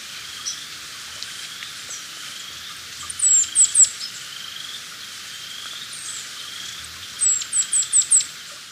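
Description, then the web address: Montane woodcreeper song: two series of four or five thin, high, downslurred notes over a steady background hum. Ecuador. "Birds of Ecuador Montane Woodcreeper"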